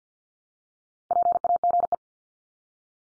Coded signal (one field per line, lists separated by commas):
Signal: Morse code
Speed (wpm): 50 wpm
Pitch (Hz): 700 Hz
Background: none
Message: PAGE